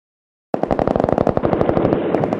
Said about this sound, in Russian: На рассвете всех разбудили звуки перестрелки, что разгорелось на южной дороге из Лесного. Но перестрелка так же внезапно стихла, как и началась.